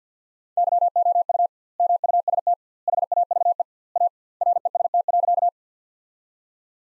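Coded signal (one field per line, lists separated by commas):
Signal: Morse code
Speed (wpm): 50 wpm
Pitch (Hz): 700 Hz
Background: none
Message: YOU MUST HAVE A REST.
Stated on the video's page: Morse practice of sentences built from the top 500 words at 50 wpm with double word spacing, a word-level analogue of Farnsworth spacing.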